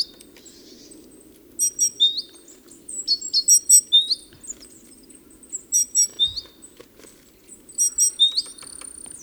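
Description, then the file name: Great tit calls in a few clustered bursts of high sharp notes ending in upslurred chips, with a steady low hum behind. "Parus major"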